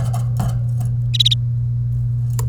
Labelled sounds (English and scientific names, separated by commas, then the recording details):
Domestic Canary (Serinus canaria) song
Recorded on 1 May 2018 at 09:08
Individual llb3